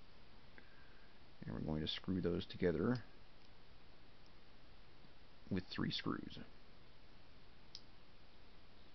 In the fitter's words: Looks like it just snaps in place.